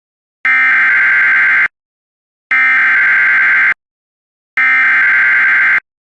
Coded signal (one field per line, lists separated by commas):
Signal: Emergency Alert System (SAME) tones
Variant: header bursts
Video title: [MILESTONE REACHED] EAS Alerts From 6/14/23 (EAS #1687-1718)